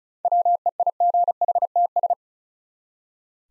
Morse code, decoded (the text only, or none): WEIGHTS